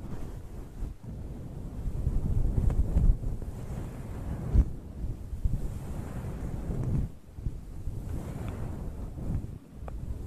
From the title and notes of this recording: TimASMR - The Most Stimulating Ear Massage Trigger.